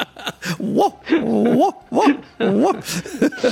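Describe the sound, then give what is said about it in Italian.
A voice imitates a cocker spaniel puppy, giving a run of high, wavering whimpers broken by short sharp yips and barks, about half a dozen bursts in quick succession. “Cuccioletto, vai avanti. Cocker.”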